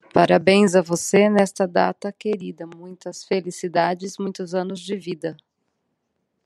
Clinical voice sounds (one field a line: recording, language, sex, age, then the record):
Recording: short text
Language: Brazilian Portuguese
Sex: female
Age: 40 to 49 years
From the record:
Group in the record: control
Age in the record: 46 years